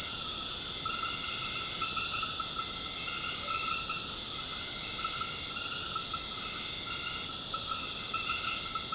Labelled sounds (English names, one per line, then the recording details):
none
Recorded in secondary vegetation near Puerto Asís, Putumayo, Colombia, on 12 March 2025 at 21:00
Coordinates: 0.485, -76.322
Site G040